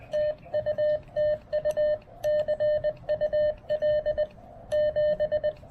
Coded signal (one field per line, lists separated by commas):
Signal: Morse code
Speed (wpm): 20 wpm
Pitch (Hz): 1800 Hz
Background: none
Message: TU TU CUL 7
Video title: POTA at Fort Dobbs: Testing a BCI filter (and--whoops!--depleting a battery) with the Xiegu G106